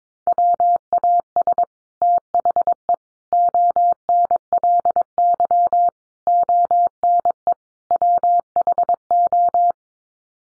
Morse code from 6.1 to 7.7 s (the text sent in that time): ONE